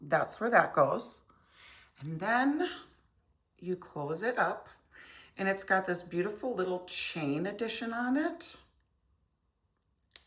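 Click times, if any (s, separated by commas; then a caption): 10.2 s. A metal chain end fitting on a charm bracelet is closed into a small cutout on the clasp while someone talks. Near the end, a sharp, short click at 10.2 s marks the piece seating in the clasp.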